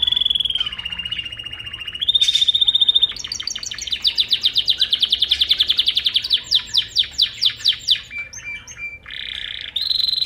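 Bird sings steady whistled notes, then a long series of loud repeated pulses that slow and fade, ending with short whistled tones.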